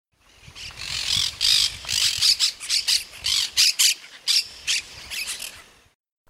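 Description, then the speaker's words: Monk parakeets squawking, a rapid run of harsh, grating screeches in quick bursts for about five seconds. "This is what monk parakeets sound like."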